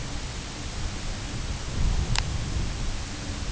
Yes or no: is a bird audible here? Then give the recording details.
no. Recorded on Arctic tundra, site UTQI-2, on 10 June 2019. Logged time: 16:00